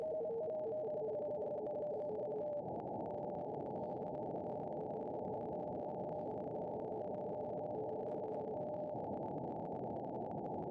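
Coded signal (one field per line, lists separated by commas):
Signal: RTTY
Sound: rapid warbling two-tone teletype chatter, fading slightly, under hissy static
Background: radio static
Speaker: I think it's the first signal I've ever found on 30.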